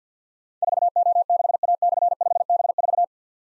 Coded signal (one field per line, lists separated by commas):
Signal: Morse code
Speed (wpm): 48 wpm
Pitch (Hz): 700 Hz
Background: none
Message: 4O6A/5B4